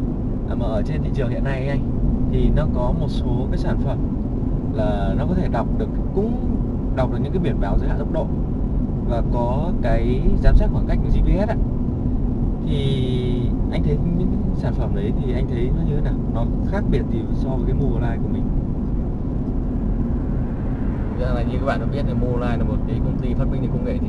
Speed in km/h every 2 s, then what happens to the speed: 53, 53, 53, 53, 52, 51, 50, 50, 49, 49, 50, 50.
0-24 steady at about 50.